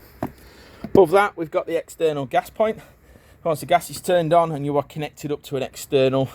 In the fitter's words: again using the single key just to lock it you'll hear a firm click